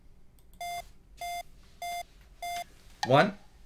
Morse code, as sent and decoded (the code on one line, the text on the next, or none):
none